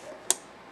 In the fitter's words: you see they just click into place